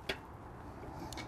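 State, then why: Released. The metal locking latch of a folding outrigger on a Mobilift T-300 tracked telescopic work platform is pulled upward to free its locking pin. A sharp metallic click at 0.1 s marks the latch releasing, followed by a fainter tick at about 1.1 s over low background noise.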